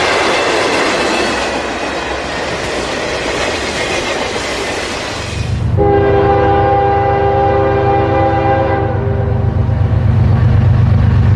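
A train moves along the tracks, beginning with a dense, rushing rumble full of hiss and rattle. Around the six-second mark a low, steady engine drone swells, and a sustained horn-like tone sounds for several seconds before fading near nine seconds.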